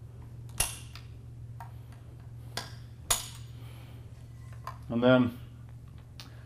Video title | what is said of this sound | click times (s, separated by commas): Initializing The SRS .308, .338, .300 Win Mag | go ahead and give it a turn till you hear the click on all four of these screws | 0.6 s, 2.6 s, 3.1 s